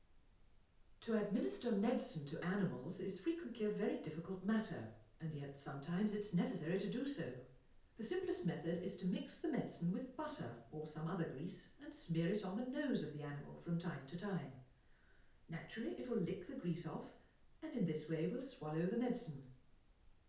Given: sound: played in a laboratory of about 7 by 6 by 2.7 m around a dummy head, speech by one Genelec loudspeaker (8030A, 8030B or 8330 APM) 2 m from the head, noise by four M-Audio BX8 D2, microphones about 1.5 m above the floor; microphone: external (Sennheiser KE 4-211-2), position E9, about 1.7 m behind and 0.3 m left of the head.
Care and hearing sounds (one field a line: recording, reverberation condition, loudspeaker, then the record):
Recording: female speech in English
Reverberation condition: medium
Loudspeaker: 30 degrees to the right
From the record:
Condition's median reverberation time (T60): about 510 ms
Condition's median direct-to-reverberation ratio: about -0.5 dB